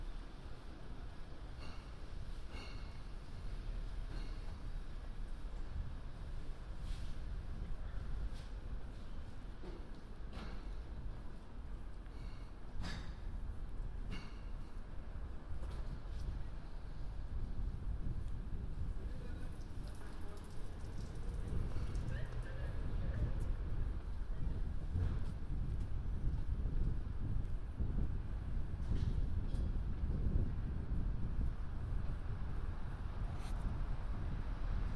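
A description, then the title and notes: Outdoors on a London street on New Year's Eve: a steady, dense low rumble of traffic and crowd noise, with faint voices scattered through it. Short sharp clicks and knocks come every few seconds, and wind buffets the microphone, growing heavier after the midpoint. A walk around London, new years eve.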